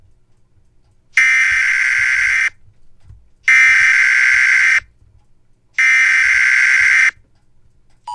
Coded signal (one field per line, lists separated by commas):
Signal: Emergency Alert System (SAME) tones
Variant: header bursts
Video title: Video Shows Whelen Vortex Siren Weekly Test Activation With EAS Alert